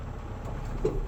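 A truck backs up with the trailer tandem release pulled, sliding the axle assembly along the trailer frame rails over a steady low vehicle rumble. At 0.9 s a faint single click sounds as the steel tandem slider locking pins drop into the rail holes, and the pins are locked in.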